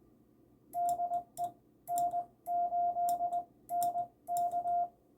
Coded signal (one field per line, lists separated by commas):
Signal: Morse code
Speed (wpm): 20 wpm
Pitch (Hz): 700 Hz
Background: none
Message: DE N8NK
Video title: Help for the Terrified New CW Op